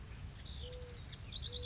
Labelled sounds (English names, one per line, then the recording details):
Mourning Dove
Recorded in Sonoma County, California